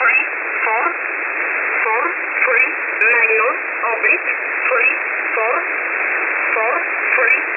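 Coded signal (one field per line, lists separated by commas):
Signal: numbers station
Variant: E11 Oblique, English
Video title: 16 02 2023 Numbers station E11 Oblique in English to Eu in USB mode 0820 on 5149 Warsaw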